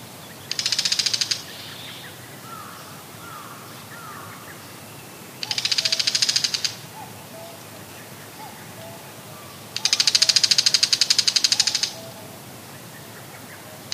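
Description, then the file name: Bull-headed shrike with three rasping, rapidly pulsed call bursts, the last one longest, while faint whistled notes sound between them. "mozu"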